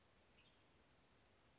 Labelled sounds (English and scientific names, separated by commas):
Western Tanager (Piranga ludoviciana)